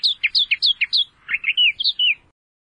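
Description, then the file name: Australian reed warbler song phrase of repeated descending chirps, then a run of slurred, warbling notes ending in a downslurred note. "suara kicauan burung kerakbasi australia. omkicau"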